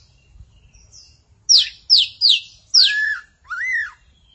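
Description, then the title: Magpie-robins and shamas song: three quick high downslurred notes, then two broader arching whistles. "Suara Burung Murai"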